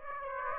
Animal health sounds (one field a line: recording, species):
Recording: mosquito wingbeat signal from an infrared sensor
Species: Aedes aegypti